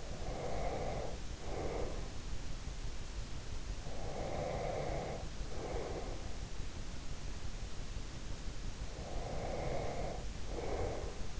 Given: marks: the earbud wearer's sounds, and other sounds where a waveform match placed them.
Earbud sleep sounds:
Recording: sounds in sleep by an in-ear microphone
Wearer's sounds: breath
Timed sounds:
0.00-2.37 s: breath
3.83-6.54 s: breath
8.94-11.40 s: breath

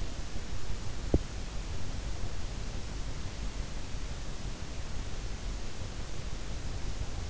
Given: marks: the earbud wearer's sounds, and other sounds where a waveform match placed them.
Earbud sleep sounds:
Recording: sounds in sleep by an in-ear microphone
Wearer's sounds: teeth grinding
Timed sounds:
1.05-1.31 s: teeth grinding

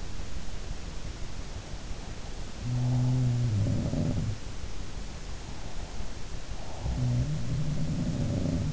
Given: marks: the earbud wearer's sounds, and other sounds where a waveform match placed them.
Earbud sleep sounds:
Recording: sounds in sleep by an in-ear microphone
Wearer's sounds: breath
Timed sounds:
2.40-4.44 s: sound from someone else or the room
5.29-7.30 s: breath
6.63-8.73 s: sound from someone else or the room

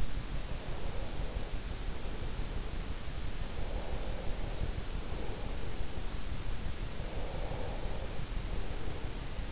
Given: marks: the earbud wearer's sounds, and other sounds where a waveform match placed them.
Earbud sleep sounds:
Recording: sounds in sleep by an in-ear microphone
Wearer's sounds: breath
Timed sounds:
0.22-2.93 s: breath
3.58-5.91 s: breath
6.81-9.52 s: breath

